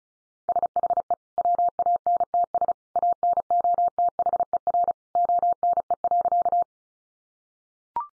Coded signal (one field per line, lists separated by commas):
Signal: Morse code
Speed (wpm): 34 wpm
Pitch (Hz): 700 Hz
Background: none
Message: SHE WANTS ANOTHER ONE.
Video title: Easy Phrases 35wpm